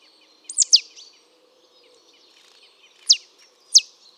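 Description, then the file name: Marsh tit giving a few sharp, high, downslurred call notes, a double note first, then two single notes. "Poecile palustris"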